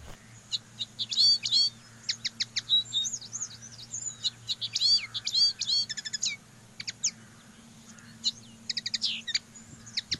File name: Canto do pintarroxo